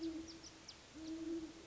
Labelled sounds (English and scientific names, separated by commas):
Great Horned Owl (Bubo virginianus)